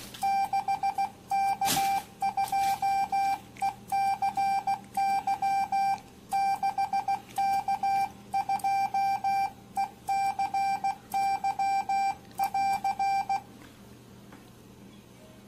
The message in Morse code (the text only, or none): 6K2ECY 6K2ECY<AR>